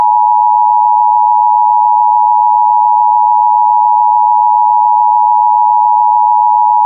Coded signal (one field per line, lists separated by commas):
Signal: Emergency Alert System (SAME) tones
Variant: 853 and 960 Hz attention tone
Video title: EAS Scenario - The Novas